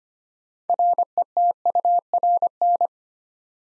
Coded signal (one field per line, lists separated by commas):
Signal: Morse code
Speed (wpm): 25 wpm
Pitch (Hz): 700 Hz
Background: none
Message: RETURN